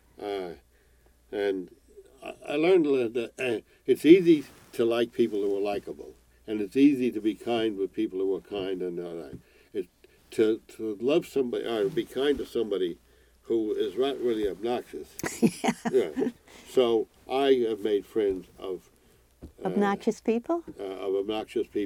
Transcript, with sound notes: and I learned early that it's easy to like people who are likeable and it's easy to be kind to people who are kind and all that. To love somebody, be kind to somebody who is rotten really obnoxious. (Both laugh) I have made friends of-
Obnoxious people?
Of obnoxious people.